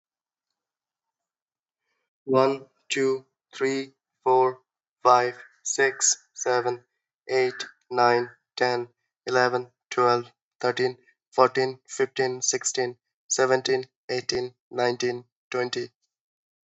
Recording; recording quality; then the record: counting at a normal pace; moderate, slight background noise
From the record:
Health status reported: exposed to COVID-19, no respiratory illness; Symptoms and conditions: none ticked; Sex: male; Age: 30 years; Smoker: yes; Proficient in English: yes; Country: India